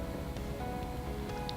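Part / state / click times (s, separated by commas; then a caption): adjustable ball mount shank locking at a set height in its mount body / seated / 1.5 s. After the drop height is picked on an adjustable steel ball mount, a key is turned and the lock is resealed, locking the shank at the set height in its mount body. A single short, sharp click is heard at 1.5 s over a steady background of music-like tonal hum. The ball mount is locked in position.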